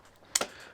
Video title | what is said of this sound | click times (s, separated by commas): A look at the Bernina 1008 Sewing Machine Threading | and locks into place to hold the whole bobbin contraption there | 0.4 s